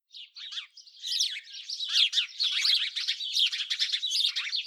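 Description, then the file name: House sparrow calls: a few scattered chirps at first, then a rapid, busy run of harsh, overlapping chirps that grows louder and stays dense. "Passer domesticus"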